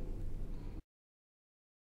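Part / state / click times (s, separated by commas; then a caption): harness connector onto ignition coil / not seated / none. A harness connector is handled onto a plastic ignition coil connector while reinstalling the coil electrical harness on a 2002-2008 Audi A4 (B6, B7) 2.0 L FSI engine during a spark plug replacement. About 0.8 s of dense, broadband noise with strong low-frequency rumble is heard, then it cuts to silence. Nothing has seated or clicked yet.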